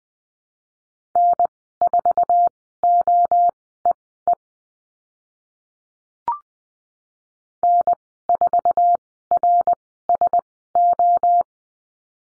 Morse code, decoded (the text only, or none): N4OEE N4RSO